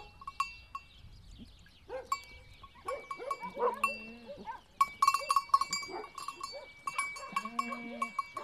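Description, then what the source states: Goat bleats, two wavering, nasal calls a few seconds apart, over steady clanking and ringing of bells. Goats on Spetses.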